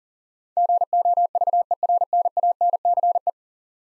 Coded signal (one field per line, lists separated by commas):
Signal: Morse code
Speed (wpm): 40 wpm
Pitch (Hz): 700 Hz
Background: none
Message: GOVERNANCE